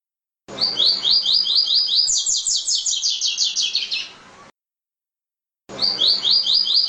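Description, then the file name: Double-collared seedeater song: a fast run of sharp upslurred chips, then a higher series of notes falling in pitch, the song lasting about four seconds, followed by silence and a new song starting. "Canto do Coleiro"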